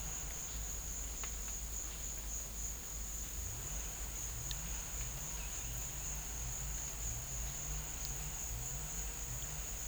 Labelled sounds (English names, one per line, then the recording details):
none
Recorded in pastures near Puerto Asís, Putumayo, Colombia, on 21 December 2024 at 15:30
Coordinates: 0.472, -76.329
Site G072